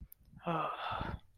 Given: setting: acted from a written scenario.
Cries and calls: vocal sound without words; anger

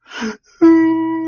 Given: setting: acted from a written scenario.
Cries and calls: vocal sound without words; sadness

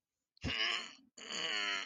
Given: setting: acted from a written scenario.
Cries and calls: vocal sound without words; pain

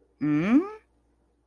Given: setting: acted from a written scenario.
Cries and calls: vocal sound without words; confusion

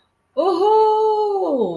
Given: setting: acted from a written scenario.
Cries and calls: vocal sound without words; elation

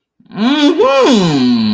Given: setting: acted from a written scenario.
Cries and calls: vocal sound without words; positive surprise

